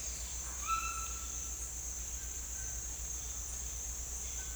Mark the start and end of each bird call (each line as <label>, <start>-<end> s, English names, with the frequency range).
White-throated Toucan (0.8-3.1 kHz), 0.62-1.15 s